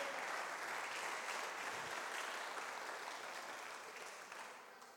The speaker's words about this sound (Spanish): Denle un aplauso a Dios, hermano.